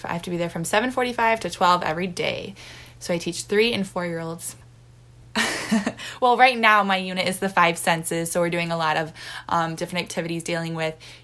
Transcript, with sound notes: I have to be there from 7:45 to 12 every day. So I teach 3- and 4-year-olds.… [Subject laughs.] Well, right now my unit is the five senses, so we’re doing, um, a lot of different activities dealing with